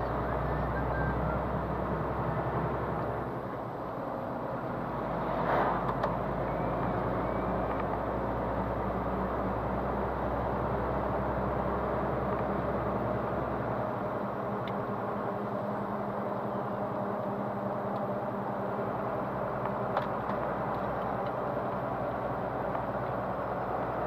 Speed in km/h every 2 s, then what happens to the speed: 31, 35, 35, 36, 38, 40, 43, 43, 44, 43, 42, 40.
0-15 speeds up to 44.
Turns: none.